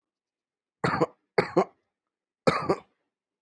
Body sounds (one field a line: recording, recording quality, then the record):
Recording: shallow voluntary cough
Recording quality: excellent, no background noise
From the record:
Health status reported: healthy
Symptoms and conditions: asthma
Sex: male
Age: 30 years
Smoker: yes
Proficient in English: yes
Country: India